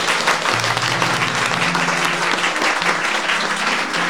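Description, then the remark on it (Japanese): An audience claps steadily for several seconds, applauding the original-work author Sanjo at an event, a dense, even wash of many hands with no pauses, while faint low tones hum underneath. “あ、いたいた、いたいた、 拍手、拍手。”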